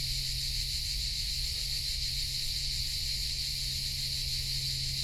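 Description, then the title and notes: Cricket: massed insect trilling from crickets, continuous and unbroken, high and shimmering, with a deep steady drone underneath. Hundreds of crickets and cicadas in a pine grove in Collserola, morning, over 30 °C heat, binaural recording. "Grills Collserola. Esta mañana he hecho una parada en una pineda de Collserola a más de 30 grados. Asociamos el calor a los grillos y las cigarras y en esta grabación binaural se escuchan a cientos"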